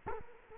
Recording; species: mosquito wingbeat signal from an infrared sensor; Culex quinquefasciatus